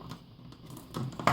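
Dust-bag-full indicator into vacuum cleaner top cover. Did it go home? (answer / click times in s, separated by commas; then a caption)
no / none. A plastic dust-bag-full indicator is being handled into its landing slot in a vacuum cleaner's top cover after its corner lock is slightly bent. Quiet handling gives way to a few short plastic taps and scrapes, the loudest near 1.3 s. Nothing has seated or clicked yet.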